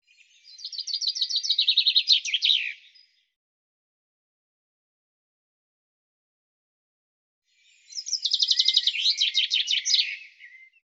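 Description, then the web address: Bird song heard twice, each a fast trill of high notes ending in a brief descending flourish, with a long silence between. "cianscape birddata Deverinetal 2025 Bird Fr Co"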